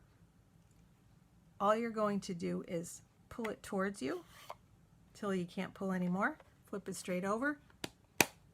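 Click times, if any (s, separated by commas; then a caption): 8.2 s. Someone talks while pulling an ink pad out of its holder and flipping its plastic compact-style lid straight over to close it. Two sharp snaps follow, a softer one at 7.8 s and a louder one at 8.2 s, which is the click of the lid seating closed tight on its plastic case.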